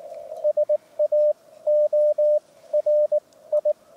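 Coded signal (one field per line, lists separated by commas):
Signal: Morse code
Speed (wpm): 19 wpm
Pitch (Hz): 600 Hz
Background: radio noise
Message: SAORI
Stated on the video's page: Portable 7 MHz CW contact at 7.0095 MHz, about 15–18 WPM; IC-705 at 10 W with RHM12 antenna, other station IC-7100 at 100 W with full-size dipole.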